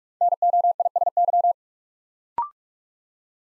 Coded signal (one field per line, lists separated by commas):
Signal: Morse code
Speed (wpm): 44 wpm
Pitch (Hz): 700 Hz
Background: none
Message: NOISY